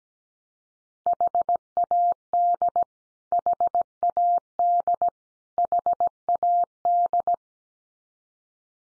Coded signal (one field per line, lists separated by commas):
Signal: Morse code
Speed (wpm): 17 wpm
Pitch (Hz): 700 Hz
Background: none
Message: HAD HAD HAD